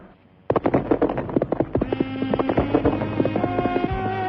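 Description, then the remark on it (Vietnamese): A quick, uneven run of sharp hoofbeat clops from a horse-drawn carriage, driven in with a whip by Kiều Phong into Tụ Hiền Trang, starts suddenly after a brief quiet moment, continuing loudly over a steady tonal hum, with no one speaking. “Kiều Phong cầm roi điều khiển cổ xe tiến vào.”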